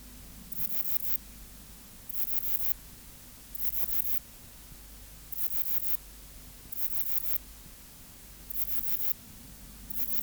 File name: Ephippigerida areolaris